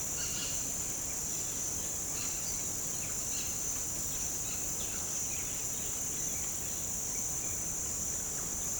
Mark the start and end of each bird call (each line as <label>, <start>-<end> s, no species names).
bird call, 0.18-0.59 s